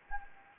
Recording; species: mosquito wingbeat signal from an infrared sensor; Anopheles gambiae